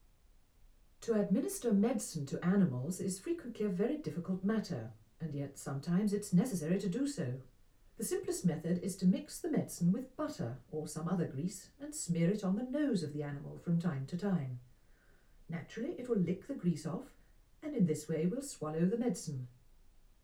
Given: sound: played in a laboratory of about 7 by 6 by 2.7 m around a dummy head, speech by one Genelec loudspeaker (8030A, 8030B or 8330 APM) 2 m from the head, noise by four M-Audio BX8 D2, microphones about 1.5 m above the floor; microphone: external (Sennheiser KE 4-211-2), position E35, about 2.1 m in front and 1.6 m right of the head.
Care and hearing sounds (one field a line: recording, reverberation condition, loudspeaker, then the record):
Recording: female speech in English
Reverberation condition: low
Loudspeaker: 150 degrees to the left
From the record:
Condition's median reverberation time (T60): about 310 ms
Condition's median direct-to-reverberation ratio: about 3.5 dB